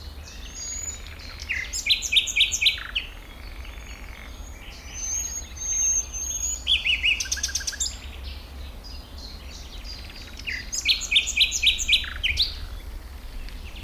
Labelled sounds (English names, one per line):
Common Nightingale